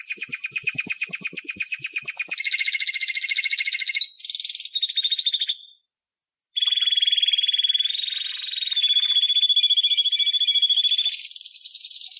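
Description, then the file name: Canary song of rapid high trills, shifting between buzzy rattles and smooth rolling tours, broken by a brief silent gap before a long steady trill. "Canary Voice"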